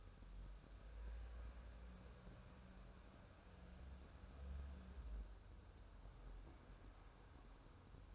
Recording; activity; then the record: daily activity, microphone in the room; wipe stove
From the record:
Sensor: 2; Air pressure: 1015.0 hPa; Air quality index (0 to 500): 39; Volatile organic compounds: 1 ppm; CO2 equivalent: 580 ppm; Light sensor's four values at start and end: 13/35/13/15 and 13/35/13/15